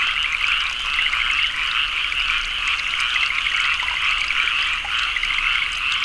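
Dense chorus of frogs, continuous trilling croaks overlapping.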